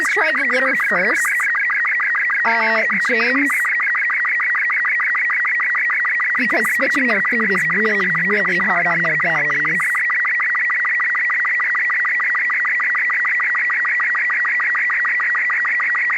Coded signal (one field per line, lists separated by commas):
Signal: SSTV (slow-scan television)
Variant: Robot 36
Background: speech